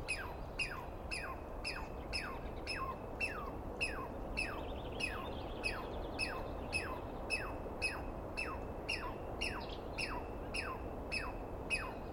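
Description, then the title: Douglas pine squirrel scolding in a long series of harsh, downslurred screams, nearly two per second, with steady low background noise. Heard at dawn on the morning of 21 April 2017 in the East Cascades, screaming and calling for a good while after startling the recordist awake; identified by sound, not clearly seen. "Interview With The Chipmunk"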